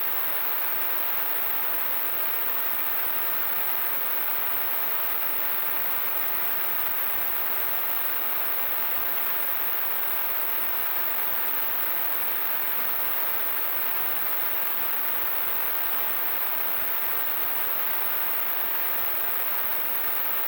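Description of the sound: Steady, unbroken hissing noise with a mid-high emphasis for 20 seconds, simulating noise-like tinnitus.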